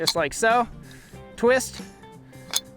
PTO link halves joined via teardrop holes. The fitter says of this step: and locks into place and then you put this pin back in from the back side from the tractor side